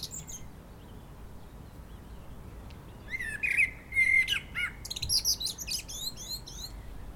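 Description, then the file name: Common blackbird song: after a quiet start, a phrase of low melodious whistles breaks into a run of high, squeaky, rapid twittering notes. "Turdus merula"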